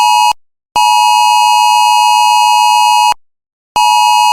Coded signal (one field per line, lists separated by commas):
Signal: Emergency Alert System (SAME) tones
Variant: 853 and 960 Hz attention tone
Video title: EAS Scenario #1: Lost Boy